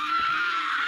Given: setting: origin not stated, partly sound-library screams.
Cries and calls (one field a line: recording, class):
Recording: one-second piece from a danger detection set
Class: woman in danger